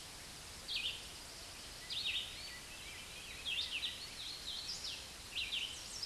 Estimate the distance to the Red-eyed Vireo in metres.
about 20 m